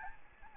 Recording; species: mosquito wingbeat signal from an infrared sensor; Aedes albopictus